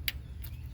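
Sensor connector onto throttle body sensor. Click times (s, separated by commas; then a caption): 0.1 s. A plastic sensor connector is pushed back onto the throttle body sensor on top of the throttle body of a 2005 Honda Odyssey during a starter replacement. A very sharp, loud click at 0.1 s marks it snapping into place, followed by a fainter tick at about 0.4 s over a steady low hum. The connector is seated and holds when given a tug.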